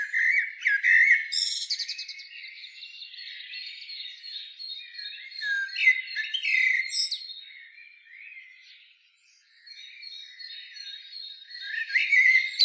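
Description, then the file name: Common blackbird calls: repeated harsh squawks and chattering notes in several bursts, with a quieter spell near nine seconds. "Turdus merula"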